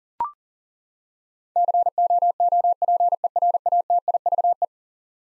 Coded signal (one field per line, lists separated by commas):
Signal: Morse code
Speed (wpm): 37 wpm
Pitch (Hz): 700 Hz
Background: none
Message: COOPERATIVE